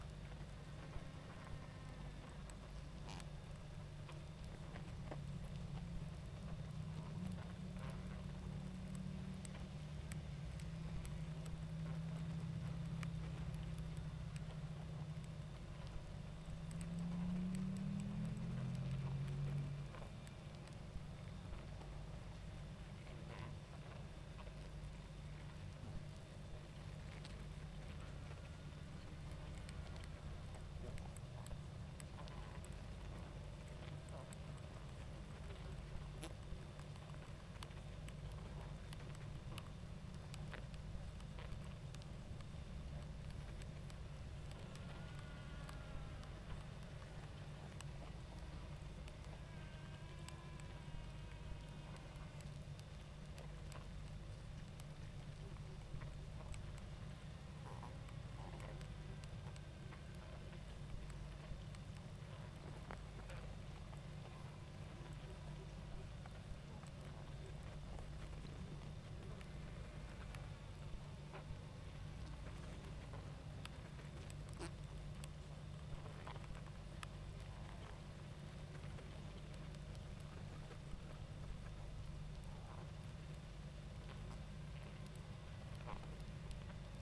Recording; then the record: honeybee colony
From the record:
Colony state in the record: active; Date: 28 July 2017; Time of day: 20:50